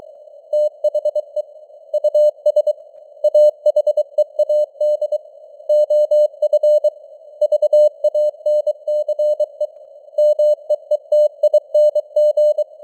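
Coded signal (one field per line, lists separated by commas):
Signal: Morse code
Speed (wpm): 23 wpm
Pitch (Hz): 600 Hz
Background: none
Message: THE US AHEAD OF VANCE MEETING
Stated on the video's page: Morse news headlines at 23 wpm with simulated radio noise and varying signal strength (QSB).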